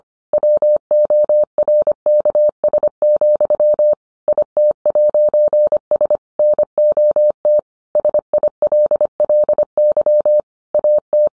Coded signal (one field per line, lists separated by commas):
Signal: Morse code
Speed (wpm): 25 wpm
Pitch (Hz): 600 Hz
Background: none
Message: WORKS, IT'S NOT SILLY AT